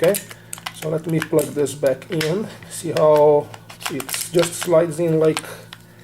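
Someone talks while a detachable part, most likely the plastic battery pack, is slid back onto a Radioddity GA-2S handheld two-way radio, with light handling sounds. Nothing has seated or clicked yet; the clip ends just before the pack latches home.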